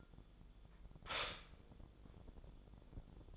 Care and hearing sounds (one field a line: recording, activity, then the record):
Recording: daily activity, microphone in the room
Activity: stop toaster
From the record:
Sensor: 5